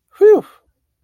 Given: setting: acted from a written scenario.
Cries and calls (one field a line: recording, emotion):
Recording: vocal sound without words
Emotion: relief